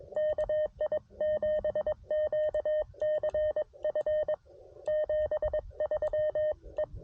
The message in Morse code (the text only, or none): KI7QCF 73 E